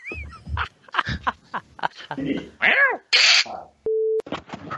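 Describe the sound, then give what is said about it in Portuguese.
A cat in heat, which has started mating a lot this week, lets out a rising-and-falling yowl and a harsh, noisy cry among bursts of talk, followed by a short, steady electronic tone. “Não, cara, o gato começou a fazer muito sexo essa semana aqui.”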